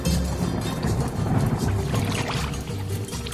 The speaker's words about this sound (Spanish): ¿Qué está haciendo usted, my friend? Recogiendo agua de lluvia, ¿no ve?